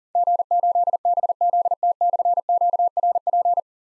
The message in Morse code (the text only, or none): G8BZT/QRP